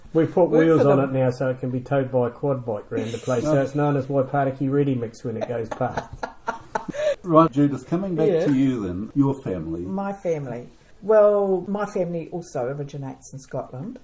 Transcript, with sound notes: We’ve put wheels on it now so it can be towed by a quad bike round the place, [chuckle] so it’s known as Waipatiki Readymix when it goes past. [Laughter] Right, Judith – coming back to you then; your family. My family… well, my family also originates in Scotland.